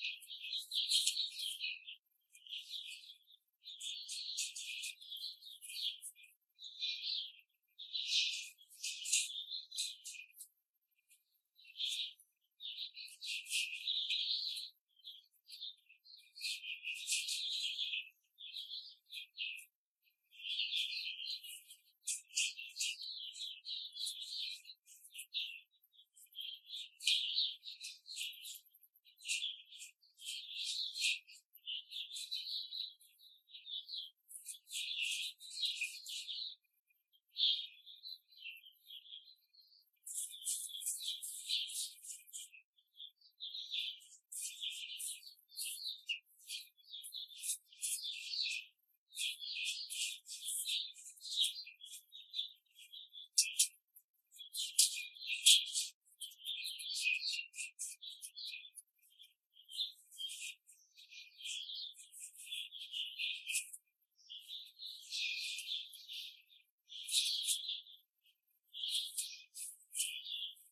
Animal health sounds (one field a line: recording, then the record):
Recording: young laying hens in a cage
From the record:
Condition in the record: control cage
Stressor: none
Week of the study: 5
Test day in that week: 1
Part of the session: 2